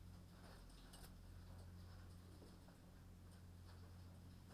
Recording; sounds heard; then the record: poultry house recording; no chicken sound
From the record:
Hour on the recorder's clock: 21